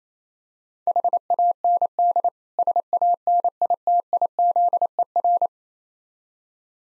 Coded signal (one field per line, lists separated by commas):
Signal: Morse code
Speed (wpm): 27 wpm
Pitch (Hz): 700 Hz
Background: none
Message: HAND SANITIZER